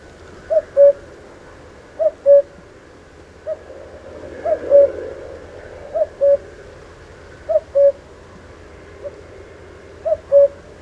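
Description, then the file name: Common cuckoo song, a clear two-note cu-coo with the second note lower, repeated about every one and a half seconds over a low steady hum. "Canto do Cuco"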